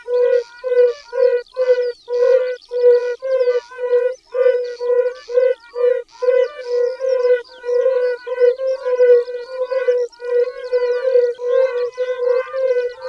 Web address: Tajemnice puszczy Kumak gorski